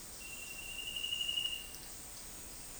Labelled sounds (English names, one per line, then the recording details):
none
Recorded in dense forest near Puerto Asís, Putumayo, Colombia, on 21 February 2024 at 09:00
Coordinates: 0.481, -76.318
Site G6421